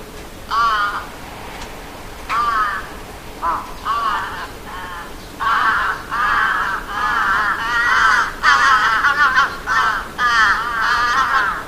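Crow giving rough, drawn-out caws, some short and some longer, coming in irregular clusters.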